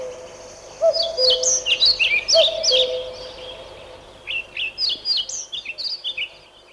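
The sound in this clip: Common Cuckoo giving two low cu-coo calls early on, while a small songbird sings quick, bright, high phrases throughout.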